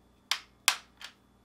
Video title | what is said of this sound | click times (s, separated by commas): How to replace Articulating Mullion Hinge part # WR13X10985 on your GE Refrigerator | and press until it snaps back into place | 0.3 s, 0.7 s